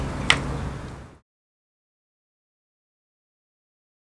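A coolant drain bolt is tightened into a motorcycle engine with a torque wrench set to 13 Nm on a 10 mm socket. A sharp click at 0.3 s marks the wrench reaching its setting, against a steady low rumble that cuts off at about 1.2 s, followed by silence.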